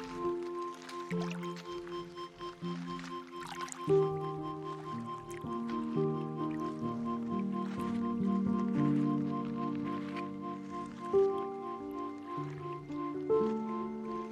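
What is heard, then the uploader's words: Soft, sustained synth and string tones hold low chords that shift every few seconds, with clear changes near 4, 11 and 13 seconds. Underneath, the Columbia River laps in small wet splashes and drips, steady and quiet throughout. Kelley Point Soundwalk distinctly captures the sound of the lapping Columbia River with ASMR-like sensitivity, forming a unique backdrop for piano, strings, and hushed, undulating synth drones.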